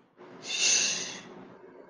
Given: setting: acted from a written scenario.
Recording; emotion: vocal sound without words; embarrassment